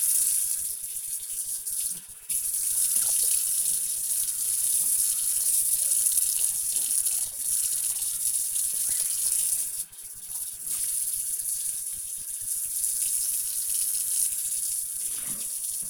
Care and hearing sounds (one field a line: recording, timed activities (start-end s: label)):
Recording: household activities, microphone on the right wrist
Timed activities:
0.00-15.90 s: washing dishes